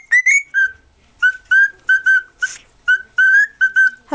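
Cockatiel giving brisk whistled notes, mostly in pairs, with one scratchy burst in the middle.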